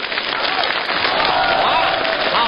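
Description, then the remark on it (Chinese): An audience at a stage crosstalk (xiangsheng) comedy performance breaks into steady, dense applause, a continuous wash of many hands clapping at once, loud and unbroken for a couple of seconds, with faint whistles or cheers threaded through. “好， 您鼓鼓掌，让他来来。”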